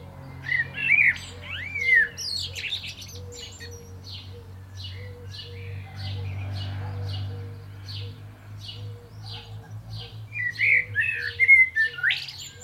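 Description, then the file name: Common blackbird giving fluty whistled phrases near the start and end, mixed with high twittering notes, over a low steady hum and faint regular pulsing. "Turdus merula"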